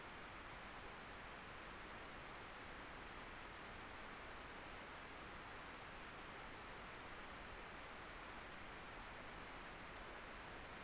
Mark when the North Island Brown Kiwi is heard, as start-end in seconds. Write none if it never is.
none